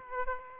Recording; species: mosquito wingbeat signal from an infrared sensor; Aedes aegypti